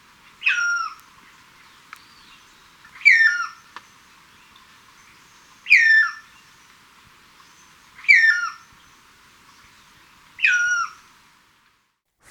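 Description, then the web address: Chestnut-crowned antpitta repeating a clear whistled phrase of stepped, falling notes about every two and a half seconds, five phrases in all. Recorded in Ecuador. "Birds of Ecuador 2. Chestnut-Crowned Antpitta"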